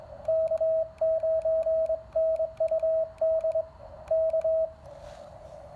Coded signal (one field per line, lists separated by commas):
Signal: Morse code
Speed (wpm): 22 wpm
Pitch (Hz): 640 Hz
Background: radio noise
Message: K9NUD K